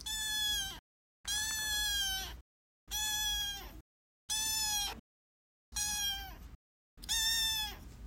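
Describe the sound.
Cat: kitten meowing: six drawn-out, plaintive meows, each about a second long, repeated about every one to one and a half seconds with short silences between.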